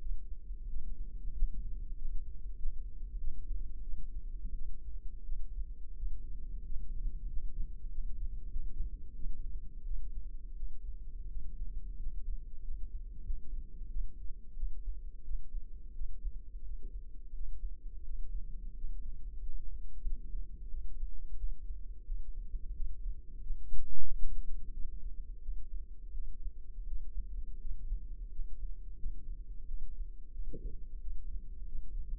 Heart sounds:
heart sounds by microphone in the left ear; 89 bpm
0.68 s: heartbeat
1.33 s: heartbeat
1.95 s: heartbeat
2.57 s: heartbeat
3.18 s: heartbeat
3.81 s: heartbeat
4.53 s: heartbeat
5.24 s: heartbeat
5.94 s: heartbeat
6.64 s: heartbeat
7.27 s: heartbeat
7.89 s: heartbeat
8.50 s: heartbeat
9.13 s: heartbeat
9.83 s: heartbeat
10.55 s: heartbeat
11.28 s: heartbeat
11.97 s: heartbeat
12.61 s: heartbeat
13.24 s: heartbeat
13.88 s: heartbeat
14.55 s: heartbeat
15.22 s: heartbeat
15.93 s: heartbeat
16.62 s: heartbeat
17.32 s: heartbeat
18.02 s: heartbeat
18.75 s: heartbeat
19.39 s: heartbeat
20.03 s: heartbeat
20.68 s: heartbeat
21.36 s: heartbeat
22.03 s: heartbeat
22.74 s: heartbeat
23.40 s: heartbeat
24.05 s: heartbeat
24.71 s: heartbeat
25.40 s: heartbeat
26.11 s: heartbeat
26.84 s: heartbeat
27.58 s: heartbeat
28.30 s: heartbeat
28.96 s: heartbeat
29.65 s: heartbeat
30.31 s: heartbeat
30.99 s: heartbeat
31.65 s: heartbeat
From the record:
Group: healthy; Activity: rest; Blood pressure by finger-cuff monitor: 121/66 mmHg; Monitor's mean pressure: 84 mmHg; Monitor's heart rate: 88 bpm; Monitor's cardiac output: 7.9 L/min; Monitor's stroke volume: 90 mL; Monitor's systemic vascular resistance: 770 dyn s/cm5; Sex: female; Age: 26 years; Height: 165 cm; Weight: 55 kg

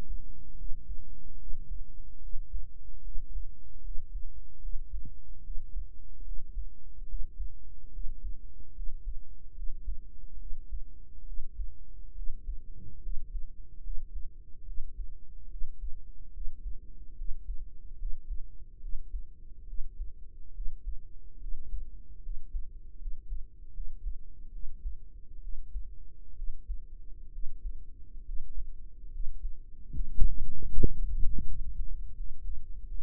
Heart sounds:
heart sounds by microphone in the right ear; 72 bpm
0.55 s: heartbeat
1.36 s: heartbeat
2.19 s: heartbeat
3.01 s: heartbeat
3.81 s: heartbeat
4.59 s: heartbeat
5.41 s: heartbeat
6.22 s: heartbeat
7.05 s: heartbeat
7.89 s: heartbeat
8.72 s: heartbeat
9.52 s: heartbeat
10.36 s: heartbeat
11.23 s: heartbeat
12.12 s: heartbeat
12.99 s: heartbeat
13.80 s: heartbeat
14.63 s: heartbeat
15.47 s: heartbeat
16.30 s: heartbeat
17.14 s: heartbeat
17.95 s: heartbeat
18.78 s: heartbeat
19.64 s: heartbeat
20.51 s: heartbeat
21.37 s: heartbeat
22.19 s: heartbeat
22.96 s: heartbeat
23.70 s: heartbeat
24.49 s: heartbeat
25.38 s: heartbeat
26.33 s: heartbeat
27.29 s: heartbeat
28.22 s: heartbeat
29.08 s: heartbeat
29.90 s: heartbeat
30.69 s: heartbeat
31.44 s: heartbeat
32.13 s: heartbeat
32.84 s: heartbeat
From the record:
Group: healthy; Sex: female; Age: 32 years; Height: 168 cm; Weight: 61.9 kg

